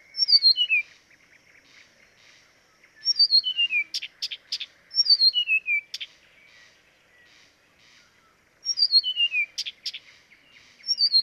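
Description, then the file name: Blyth's reed warbler song: a pair of descending whistled slurs followed by sharp clicks, the same phrase repeated several times. Recorded at Dviete. "dviete acrocephalus dumetorum"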